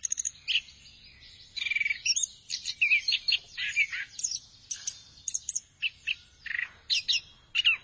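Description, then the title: Thrush song made of clear whistled notes and sharp chirps in steady bursts, each phrase separated by short gaps. "burung anis x"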